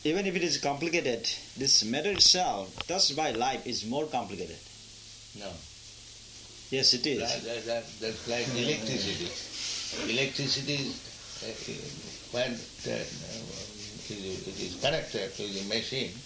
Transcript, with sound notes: Even if it is complicated, this matter itself touched by life is more complicated.
No.
Yes, it is. [laughter]
Just like electricity. Electricity, when it is connected with the machine,